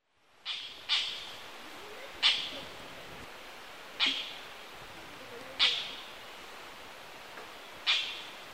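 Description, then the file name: Oriental dollarbird giving six harsh, rasping single calls at uneven gaps of roughly half a second to over two seconds over a faint steady background hiss. Recorded 3 August 1997 at Kuroda, Tottori, Japan. "bupposo tottori kuroda"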